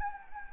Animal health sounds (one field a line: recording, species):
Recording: mosquito wingbeat signal from an infrared sensor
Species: Anopheles gambiae